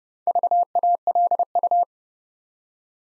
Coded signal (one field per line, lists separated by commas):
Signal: Morse code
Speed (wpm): 30 wpm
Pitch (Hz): 700 Hz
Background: none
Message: VALU